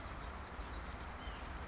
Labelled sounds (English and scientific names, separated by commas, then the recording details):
White-breasted Nuthatch (Sitta carolinensis)
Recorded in Sonoma County, California